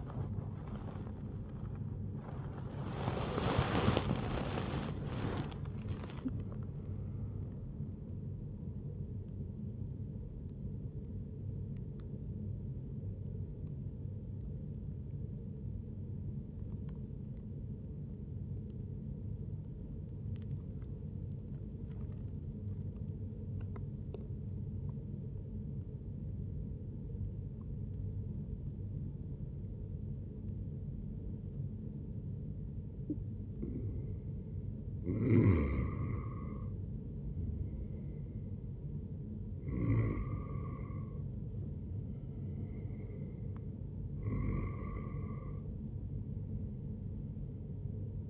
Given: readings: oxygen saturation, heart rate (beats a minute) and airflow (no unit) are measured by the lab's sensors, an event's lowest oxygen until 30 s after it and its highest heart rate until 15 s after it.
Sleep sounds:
breathing in sleep by a smartphone at the bedside; 1
0.00-15.00 s: awake
8.00-48.30 s: new sleep stage, N1 (lightest sleep)
15.00-33.40 s: obstructive apnea (N1, oxygen 97% highest, then 93% lowest, heart rate 69 at the start, 78 highest)
From the record:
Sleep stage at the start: awake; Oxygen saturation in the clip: 93 to 97%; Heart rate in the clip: 67 to 80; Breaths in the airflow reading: 5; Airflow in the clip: -5.8 to 7.5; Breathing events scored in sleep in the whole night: 131 in 7.2 hours asleep

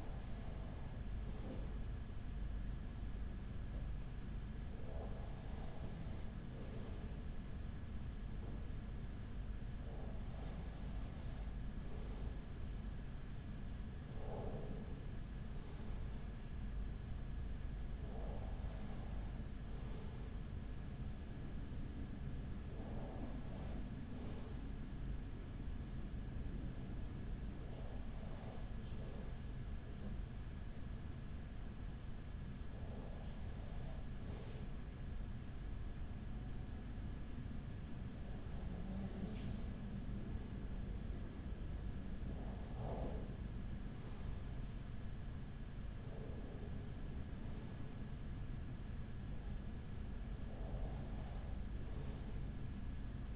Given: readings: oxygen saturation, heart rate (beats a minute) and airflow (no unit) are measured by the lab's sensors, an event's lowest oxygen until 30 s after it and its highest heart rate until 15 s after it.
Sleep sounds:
breathing in sleep by a smartphone at the bedside; 1
28.00-53.36 s: new sleep stage, N1 (lightest sleep)
29.00-42.40 s: hypopnea (N1, oxygen 95% highest, then 95% lowest, heart rate 41 at the start, 48 highest)
From the record:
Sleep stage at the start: N2 (light sleep); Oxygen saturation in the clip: 94 to 95%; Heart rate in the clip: 39 to 48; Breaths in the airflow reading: 12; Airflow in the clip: -6.4 to 7.4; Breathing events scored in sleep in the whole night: 207 in 7.6 hours asleep

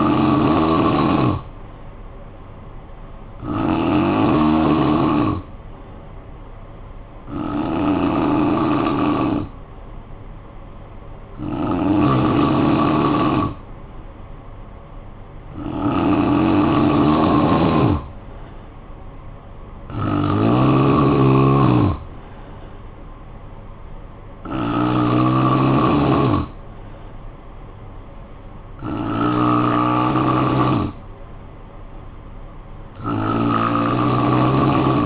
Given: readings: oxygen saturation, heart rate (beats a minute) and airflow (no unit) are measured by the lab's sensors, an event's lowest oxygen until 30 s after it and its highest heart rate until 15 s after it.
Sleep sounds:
breathing in sleep by a smartphone at the bedside; none
none scored
From the record:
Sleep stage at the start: N3 (deep sleep); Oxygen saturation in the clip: 89 to 91%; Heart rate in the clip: 54 to 61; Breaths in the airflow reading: 8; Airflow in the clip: -12.2 to 6.5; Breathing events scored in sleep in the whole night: 445 in 7.6 hours asleep

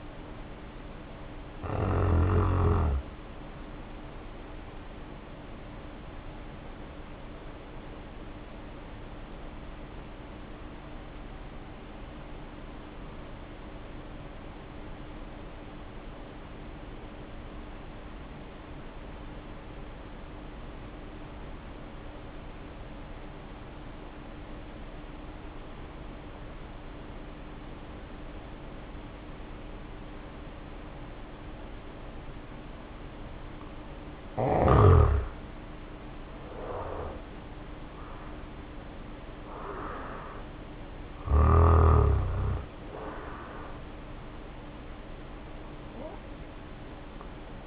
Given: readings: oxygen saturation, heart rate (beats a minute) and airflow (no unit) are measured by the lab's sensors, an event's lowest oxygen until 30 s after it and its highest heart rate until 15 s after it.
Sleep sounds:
breathing in sleep by a voice recorder at the bedside; 1
4.00-47.67 s: new sleep stage, N1 (lightest sleep)
5.00-34.40 s: hypopnea (N1, oxygen 95% highest, then 75% lowest, heart rate 50 at the start, 67 highest)
From the record:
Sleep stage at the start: N2 (light sleep); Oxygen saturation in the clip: 75 to 95%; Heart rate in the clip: 50 to 67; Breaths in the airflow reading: 10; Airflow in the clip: -1.6 to 2.3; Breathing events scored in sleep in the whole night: 520 in 7.2 hours asleep

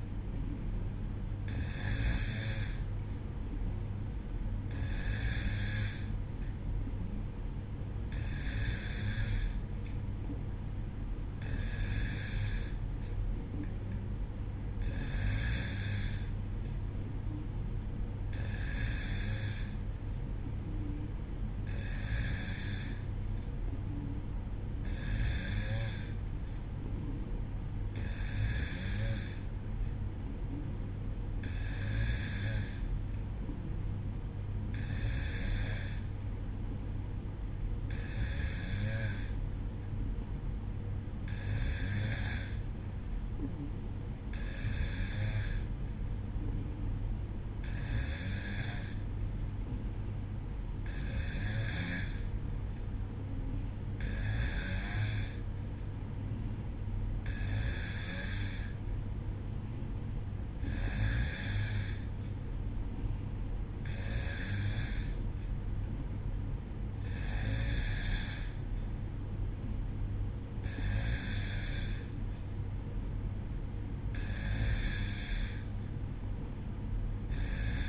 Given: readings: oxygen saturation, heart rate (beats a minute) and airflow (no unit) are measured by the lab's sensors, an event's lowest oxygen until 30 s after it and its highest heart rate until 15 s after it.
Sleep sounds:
breathing in sleep by a smartphone at the bedside; none
none scored
From the record:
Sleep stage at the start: N2 (light sleep); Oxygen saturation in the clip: 92 to 93%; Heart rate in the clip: 61 to 63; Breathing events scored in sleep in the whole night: 305 in 9.6 hours asleep

